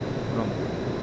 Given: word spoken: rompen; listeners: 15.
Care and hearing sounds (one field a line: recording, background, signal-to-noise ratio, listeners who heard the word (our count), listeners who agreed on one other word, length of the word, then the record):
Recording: one Spanish word in noise, from a listening test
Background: speech-shaped noise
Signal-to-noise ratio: -5.5 dB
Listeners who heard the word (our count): 2 of 15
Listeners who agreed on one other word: 6 of 15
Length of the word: 0.63 s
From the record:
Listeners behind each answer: 6, 2, 1, 1, 1, 1, 1, 1, 1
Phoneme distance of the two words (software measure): 7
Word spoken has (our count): 2 syllables, 6 phonemes, stress on syllable 1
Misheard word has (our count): 2 syllables, 5 phonemes, stress on syllable 1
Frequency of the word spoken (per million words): 4.52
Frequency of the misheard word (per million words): 14.06